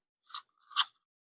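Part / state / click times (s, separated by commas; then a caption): battery pack into drone battery bay / not seated / none. A plastic battery pack for a Toladrone TD31LCD drone is pushed into its bay at the back of the drone until it stops. Two short, dry scraping bursts are heard, a softer one around 0.35 s and a louder, dull crunch-like contact at 0.8 s. Nothing clicks or latches; the battery seats without a click, by design.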